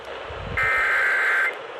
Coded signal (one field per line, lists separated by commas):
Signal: Emergency Alert System (SAME) tones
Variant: header bursts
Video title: EAS- LOX Flash Flood Warning for Ventura, CA and Santa Barbara, CA on KFI-AM 640 (12/20/23)